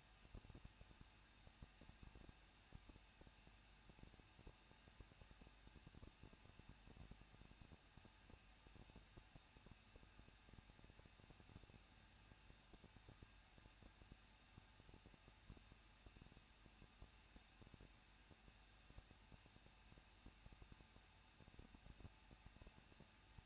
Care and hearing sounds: daily activity, microphone in the room; no activity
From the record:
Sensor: 2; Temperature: 21.0 degrees Celsius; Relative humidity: 37.4%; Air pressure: 1006.2 hPa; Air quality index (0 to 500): 222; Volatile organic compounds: 24 ppm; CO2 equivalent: 2811 ppm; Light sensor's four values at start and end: 2/3/2/2 and 2/3/2/2

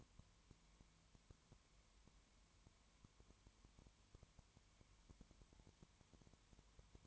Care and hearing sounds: daily activity, microphone in the room; no activity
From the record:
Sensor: 3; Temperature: 20.2 degrees Celsius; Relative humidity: 31.4%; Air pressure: 1001.3 hPa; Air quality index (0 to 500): 74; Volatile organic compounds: 1 ppm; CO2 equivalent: 693 ppm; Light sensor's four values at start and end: 2/3/2/2 and 2/3/2/2

